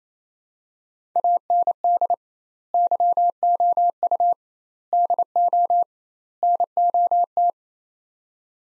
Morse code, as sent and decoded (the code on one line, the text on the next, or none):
.- -. -.. / -.-- --- ..- / -.. --- / -. --- -
AND YOU DO NOT